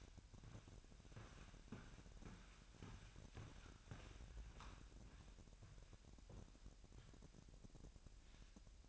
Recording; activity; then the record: daily activity, microphone in the room; walk to room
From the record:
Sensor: 2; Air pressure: 1012.1 hPa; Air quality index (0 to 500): 146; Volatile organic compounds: 2 ppm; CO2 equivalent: 1058 ppm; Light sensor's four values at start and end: 87/207/86/85 and 87/209/86/85